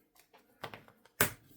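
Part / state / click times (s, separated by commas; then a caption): cable connector into a laptop board socket / seated / 1.2 s. A ribbon cable connector is pushed into its socket on an HP Envy x360 laptop board during a hinge repair. A few soft taps and scrapes come first, then a sharp, loud click at 1.2 s as the connector seats into position. Meanwhile, the other end of the cable has come out.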